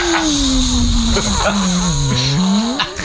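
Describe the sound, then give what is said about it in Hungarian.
A car engine, driven by a young man, revs hard and steadily for about three seconds, its pitch sagging slightly then climbing again, while tires squeal loudly over the roar. “Milyen szépen kaparít ez a fiú. Milyen pedál.”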